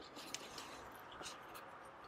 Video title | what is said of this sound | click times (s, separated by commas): 2021 and 2020 Lexus LX Full Tutorial - Deep Dive | make sure to tell them to insert with the hook facing down, and then it will snap into place. | 0.3 s